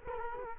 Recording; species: mosquito wingbeat signal from an infrared sensor; Culex quinquefasciatus